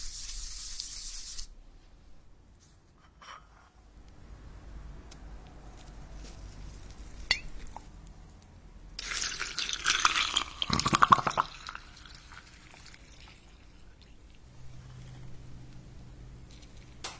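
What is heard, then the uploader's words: Sounds from an ear picking massage and matcha treat preparation: a soft hiss opens, then quiet stretches with scattered small taps and clicks. Around ten seconds a louder rushing, spraying burst with sharp knocks hits, and a low hum runs near the end. 5D ear picking massage, make matcha milk almond cookies hazelnut cake.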